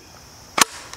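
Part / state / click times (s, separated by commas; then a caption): pistol into inside-waistband holster / seated / 0.6 s. A Springfield XDM Elite pistol with an optic is pushed into a rigid kydex-type Tulster Oath inside-waistband holster with a mid sweat guard. A sharp, bright snap at 0.6 s marks the retention clicking, followed by a faint tick at 0.9 s. The pistol is seated with a positive click and held by the retention.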